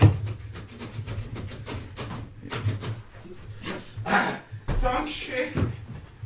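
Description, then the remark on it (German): A door that will not open, meant to be opened while pressing a green button, is rattled and forced, with a rapid series of sharp knocking clatters followed by heavier, louder jolts and scraping bursts, while a voice is faintly heard underneath. “Sie machen uns die Türe kaputt, bitte!”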